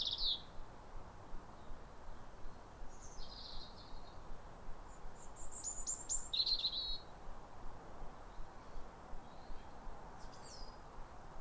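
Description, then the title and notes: European robin song in short, high, sparkling phrases separated by pauses, over steady background noise. Pair of robins in neighbouring gardens duetting with wistful phrases at a clear, calm, rosy sunrise in winter around New Year, after weeks of rain. "Sound Escape 150: Be uplifted by a chorus of New Year's robins. A pair of robins in neighbouring gardens welcome the early sun with wistful phrases as if chatting over the fence. BBC Countryfile Magazine's Sound Escapes. Recorded by Fergus Collins"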